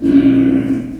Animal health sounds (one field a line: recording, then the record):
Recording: squeal of a Yucatan mini pig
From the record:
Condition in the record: after surgery on the right vocal fold (resection and tissue-engineered implant)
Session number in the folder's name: 1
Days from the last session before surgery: 13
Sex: female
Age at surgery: 19 weeks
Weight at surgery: 25 kg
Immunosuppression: prednisolone